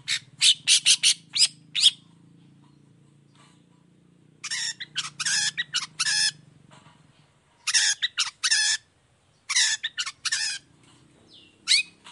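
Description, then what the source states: Long-tailed shrike song: clusters of harsh, rasping bursts separated by short silent gaps, with a low hum underneath. Morning; gacor (vigorous full song) with a clear voice, 'toet toet' notes and varied sounds, said to be easy for any kind of shrike to imitate.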